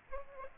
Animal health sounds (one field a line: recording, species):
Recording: mosquito wingbeat signal from an infrared sensor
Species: Aedes aegypti